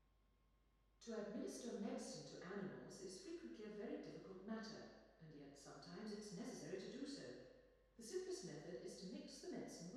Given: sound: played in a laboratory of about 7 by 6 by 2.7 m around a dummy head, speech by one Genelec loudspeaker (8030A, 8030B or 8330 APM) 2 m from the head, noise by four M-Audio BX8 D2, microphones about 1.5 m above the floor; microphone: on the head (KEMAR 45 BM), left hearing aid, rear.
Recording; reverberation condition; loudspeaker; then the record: female speech in English; high; 120 degrees to the right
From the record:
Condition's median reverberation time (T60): about 1300 ms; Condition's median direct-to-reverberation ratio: about -4.0 dB